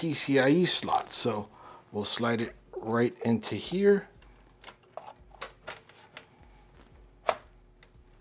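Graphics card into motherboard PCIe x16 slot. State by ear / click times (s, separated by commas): seated / 7.3 s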